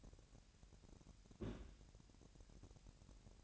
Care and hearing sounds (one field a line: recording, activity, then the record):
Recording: daily activity, microphone in the room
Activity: place on stove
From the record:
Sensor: 2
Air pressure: 1011.9 hPa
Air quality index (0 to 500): 187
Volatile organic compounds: 3 ppm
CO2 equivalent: 1328 ppm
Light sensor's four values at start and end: 77/183/75/73 and 77/183/75/72